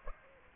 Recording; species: mosquito wingbeat signal from an infrared sensor; Aedes aegypti